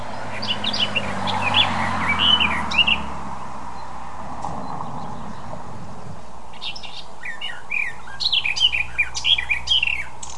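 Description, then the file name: Eurasian blackcap sings a short warbled phrase, then a longer one after a pause. "Sylvia atricapilla"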